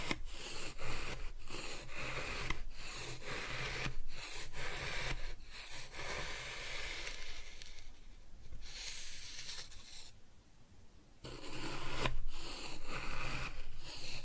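Kinetic sand being cut and scooped, with soft gritty rubbing and scraping strokes in quick succession, briefly quieting around ten seconds.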